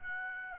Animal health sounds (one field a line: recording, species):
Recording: mosquito wingbeat signal from an infrared sensor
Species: Aedes aegypti